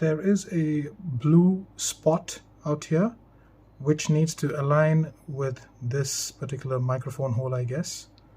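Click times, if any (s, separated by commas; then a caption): none. A plastic lens guard is handled over one lens of an Insta360 X4 360 camera body, with its blue spot being lined up with the microphone hole, while someone talks throughout. Nothing has seated or clicked yet; the clip ends before the guard is pressed on and snaps into place.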